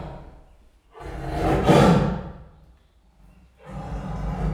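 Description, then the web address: Siberian tiger gives a deep, breathy roar swelling and fading over about a second and a half, with further low noise before and after. Captive Siberian tigers at a zoo in Miskolc, 2018, recorded as cage doors were opened and the tigers let in. "sziberiai tigris ketrecajtoknyitasa tigrisekbeengedese miskolczoo"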